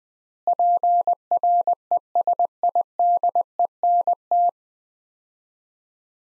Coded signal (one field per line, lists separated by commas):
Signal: Morse code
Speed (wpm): 20 wpm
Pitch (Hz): 700 Hz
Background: none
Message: PRESIDENT